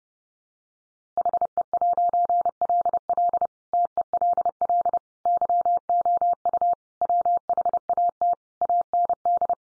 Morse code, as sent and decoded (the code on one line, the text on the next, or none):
.... . .----. .-.. .-.. / - . .-.. .-.. / -.-- --- ..- / .-- .... .- - / .- -. -..
HE'LL TELL YOU WHAT AND